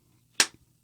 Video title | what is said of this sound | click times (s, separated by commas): Holster Month: Black Arch Holsters The Entrada | nice click positive retention guns not going anywhere | 0.4 s